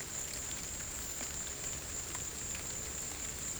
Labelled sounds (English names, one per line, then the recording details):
none
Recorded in secondary vegetation near Puerto Asís, Putumayo, Colombia, on 20 December 2024 at 15:00
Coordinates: 0.489, -76.322
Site G059